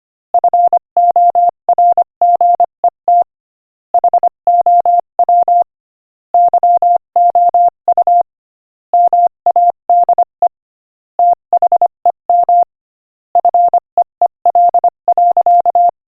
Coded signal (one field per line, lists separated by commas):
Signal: Morse code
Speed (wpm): 24 wpm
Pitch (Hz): 700 Hz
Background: none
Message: FORGET HOW YOU MADE THEM FEEL.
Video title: Morse Code Practice: 25 wpm Inspirational Quote 22